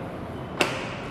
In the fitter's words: sampai so tekan dia punya klik.